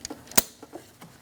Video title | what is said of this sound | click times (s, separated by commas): How to Replace Vapor Canister Purge Valve 2000-2006 Mini Cooper 1.6L L4 | That should also click. | 0.4 s